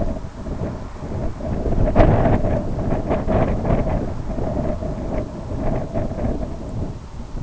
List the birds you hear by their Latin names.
none